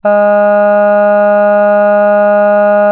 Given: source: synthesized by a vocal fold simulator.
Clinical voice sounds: sustained vowel; female; none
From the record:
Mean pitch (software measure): 206 Hz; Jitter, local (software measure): 0.19%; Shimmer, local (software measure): 1.5%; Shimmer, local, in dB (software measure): 0.13 dB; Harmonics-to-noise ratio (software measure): 31.7 dB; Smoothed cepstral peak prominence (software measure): 18.7 dB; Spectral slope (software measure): -21.9 dB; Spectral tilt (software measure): -8.6 dB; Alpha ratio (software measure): -12.4 dB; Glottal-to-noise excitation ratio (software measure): 0.975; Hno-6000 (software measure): 2.5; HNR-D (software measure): 39.2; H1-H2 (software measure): 9.5 dB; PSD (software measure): 1.8e-05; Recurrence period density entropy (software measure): 0.140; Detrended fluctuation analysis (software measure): 0.0274

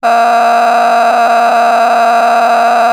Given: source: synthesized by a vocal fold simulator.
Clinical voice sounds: sustained vowel; female; a random mix of aspiration noise, stiffness perturbation and strain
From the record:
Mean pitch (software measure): 234 Hz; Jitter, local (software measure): 3.22%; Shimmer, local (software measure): 13.6%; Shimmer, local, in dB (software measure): 1.15 dB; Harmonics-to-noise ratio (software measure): 9.6 dB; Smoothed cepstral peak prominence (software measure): 11.0 dB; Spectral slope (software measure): -17.5 dB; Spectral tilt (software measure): -9.6 dB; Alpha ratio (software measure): -8.0 dB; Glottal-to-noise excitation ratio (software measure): 0.929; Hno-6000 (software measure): 1.8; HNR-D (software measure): 28.3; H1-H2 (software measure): -3.3 dB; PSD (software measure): 1.5e-04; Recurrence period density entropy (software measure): 0.123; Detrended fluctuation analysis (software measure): 0.0115

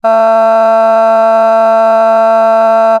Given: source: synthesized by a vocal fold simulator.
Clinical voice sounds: sustained vowel; female; a random mix of aspiration noise, stiffness perturbation and strain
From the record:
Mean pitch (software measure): 224 Hz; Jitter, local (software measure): 0.66%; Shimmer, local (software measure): 2.2%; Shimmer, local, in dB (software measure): 0.19 dB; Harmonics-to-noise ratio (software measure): 23.3 dB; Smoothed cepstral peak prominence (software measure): 19.3 dB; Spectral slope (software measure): -20.6 dB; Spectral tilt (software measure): -9.3 dB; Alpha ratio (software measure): -11.1 dB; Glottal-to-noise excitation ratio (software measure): 0.978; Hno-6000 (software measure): 2.3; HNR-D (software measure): 37.9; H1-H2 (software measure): 0.9 dB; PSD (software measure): 2.6e-05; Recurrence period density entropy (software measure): 0.130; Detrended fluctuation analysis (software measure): 0.0121

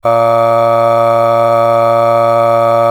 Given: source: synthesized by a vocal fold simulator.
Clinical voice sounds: sustained vowel; male; aspiration noise (breathiness), level 7 of 10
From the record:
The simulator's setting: 1.56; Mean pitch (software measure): 115 Hz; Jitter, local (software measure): 0.48%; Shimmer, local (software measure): 5.0%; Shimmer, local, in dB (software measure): 0.43 dB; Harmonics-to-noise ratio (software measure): 19.2 dB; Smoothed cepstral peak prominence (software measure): 16.9 dB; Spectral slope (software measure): -17.1 dB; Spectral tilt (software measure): -8.8 dB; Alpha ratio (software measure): -7.6 dB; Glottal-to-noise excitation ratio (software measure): 0.964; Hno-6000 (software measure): 2.1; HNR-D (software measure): 22.9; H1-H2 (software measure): 4.9 dB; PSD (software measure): 3.7e-05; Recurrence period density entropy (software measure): 0.108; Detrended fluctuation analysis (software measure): 0.0542

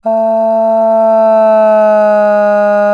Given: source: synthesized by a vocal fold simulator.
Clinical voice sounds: sustained vowel; female; asymmetry, level 6 of 51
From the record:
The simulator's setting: 1.50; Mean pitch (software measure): 216 Hz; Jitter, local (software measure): 0.13%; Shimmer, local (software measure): 1.2%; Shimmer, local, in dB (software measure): 0.11 dB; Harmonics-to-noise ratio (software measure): 33.3 dB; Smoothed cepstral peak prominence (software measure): 17.1 dB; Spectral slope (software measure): -26.0 dB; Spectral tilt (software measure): -10.5 dB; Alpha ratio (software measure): -16.4 dB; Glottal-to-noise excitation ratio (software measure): 0.923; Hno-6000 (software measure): 2.5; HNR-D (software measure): 39.0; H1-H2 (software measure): 9.2 dB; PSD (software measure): 1.4e-04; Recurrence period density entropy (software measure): 0.124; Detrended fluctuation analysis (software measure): 0.0236

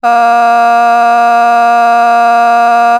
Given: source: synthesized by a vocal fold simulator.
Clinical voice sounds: sustained vowel; female; vocal strain, level 6 of 10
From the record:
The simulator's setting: 0.56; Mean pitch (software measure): 235 Hz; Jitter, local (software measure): 0.54%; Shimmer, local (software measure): 2.9%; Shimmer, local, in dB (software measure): 0.25 dB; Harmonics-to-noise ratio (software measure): 24.2 dB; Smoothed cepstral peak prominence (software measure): 20.9 dB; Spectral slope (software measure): -17.9 dB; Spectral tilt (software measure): -7.5 dB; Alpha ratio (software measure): -8.4 dB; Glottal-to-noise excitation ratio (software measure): 0.985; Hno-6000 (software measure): 1.9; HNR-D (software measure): 40.9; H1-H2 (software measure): -1.4 dB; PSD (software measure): 3.3e-05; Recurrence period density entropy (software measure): 0.119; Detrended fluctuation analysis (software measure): 0.0107

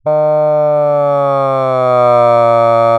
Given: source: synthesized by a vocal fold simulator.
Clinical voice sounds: sustained vowel; male; asymmetry, level 13 of 51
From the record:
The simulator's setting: 2.20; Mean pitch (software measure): 134 Hz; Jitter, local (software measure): 0.16%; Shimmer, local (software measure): 1.1%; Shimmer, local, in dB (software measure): 0.10 dB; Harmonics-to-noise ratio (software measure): 36.0 dB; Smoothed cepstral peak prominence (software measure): 25.5 dB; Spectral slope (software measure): -18.7 dB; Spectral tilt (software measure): -12.5 dB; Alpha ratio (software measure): -9.1 dB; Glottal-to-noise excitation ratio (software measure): 0.972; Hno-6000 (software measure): 2.7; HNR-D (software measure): 30.3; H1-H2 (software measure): 4.8 dB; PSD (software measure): 7.8e-04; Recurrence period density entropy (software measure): 0.110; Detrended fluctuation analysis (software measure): 0.0469

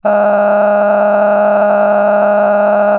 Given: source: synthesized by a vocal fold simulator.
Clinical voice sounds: sustained vowel; female; cycle-to-cycle stiffness perturbation (roughness), level 10 of 10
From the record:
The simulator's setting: 6.49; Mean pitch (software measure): 206 Hz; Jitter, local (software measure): 2.62%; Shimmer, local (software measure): 19.4%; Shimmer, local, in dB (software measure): 1.68 dB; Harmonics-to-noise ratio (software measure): 10.4 dB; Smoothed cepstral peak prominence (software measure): 13.3 dB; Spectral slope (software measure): -21.8 dB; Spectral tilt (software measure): -12.0 dB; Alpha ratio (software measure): -12.3 dB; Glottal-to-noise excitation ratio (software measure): 0.938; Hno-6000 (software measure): 2.4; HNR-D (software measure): 29.8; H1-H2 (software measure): 3.7 dB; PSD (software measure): 1.3e-04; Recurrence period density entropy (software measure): 0.113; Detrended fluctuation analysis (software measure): 0.0295

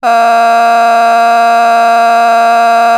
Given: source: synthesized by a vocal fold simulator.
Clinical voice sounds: sustained vowel; female; vocal strain, level 8 of 10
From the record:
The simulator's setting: 0.78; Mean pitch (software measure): 232 Hz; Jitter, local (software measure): 1.15%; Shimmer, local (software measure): 3.6%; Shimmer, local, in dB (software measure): 0.31 dB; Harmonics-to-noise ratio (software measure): 17.9 dB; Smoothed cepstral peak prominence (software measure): 17.5 dB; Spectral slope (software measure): -17.6 dB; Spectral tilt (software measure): -8.0 dB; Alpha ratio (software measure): -8.1 dB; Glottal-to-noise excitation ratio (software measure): 0.975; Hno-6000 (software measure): 1.8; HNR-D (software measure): 39.0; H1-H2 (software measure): -2.4 dB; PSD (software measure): 5.8e-05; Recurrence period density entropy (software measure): 0.116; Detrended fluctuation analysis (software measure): 0.0092

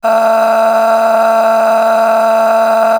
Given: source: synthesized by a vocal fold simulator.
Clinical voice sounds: sustained vowel; female; a random mix of aspiration noise, stiffness perturbation and strain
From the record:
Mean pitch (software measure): 224 Hz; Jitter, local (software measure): 2.11%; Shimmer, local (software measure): 12.2%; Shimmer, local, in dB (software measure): 1.08 dB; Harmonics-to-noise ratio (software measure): 11.6 dB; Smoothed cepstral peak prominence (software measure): 10.3 dB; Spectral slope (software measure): -19.5 dB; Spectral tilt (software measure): -8.6 dB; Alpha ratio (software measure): -10.0 dB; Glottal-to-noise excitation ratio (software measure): 0.805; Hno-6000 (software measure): 1.8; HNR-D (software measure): 36.2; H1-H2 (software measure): 4.9 dB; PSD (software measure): 8.6e-05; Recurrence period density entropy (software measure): 0.122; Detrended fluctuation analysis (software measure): 0.0135

